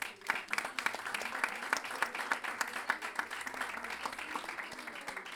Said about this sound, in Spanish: un aplauso para